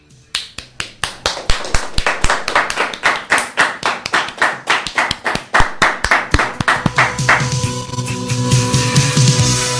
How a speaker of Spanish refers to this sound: Y como punto final, queríamos darle un fuerte abrazo a Tino desde donde nos vea y darle un fuerte aplauso.